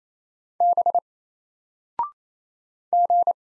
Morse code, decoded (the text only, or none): B G